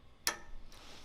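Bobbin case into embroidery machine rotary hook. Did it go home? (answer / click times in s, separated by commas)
yes / 0.3 s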